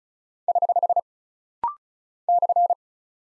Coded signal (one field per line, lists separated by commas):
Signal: Morse code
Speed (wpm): 36 wpm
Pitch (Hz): 700 Hz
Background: none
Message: <HH> /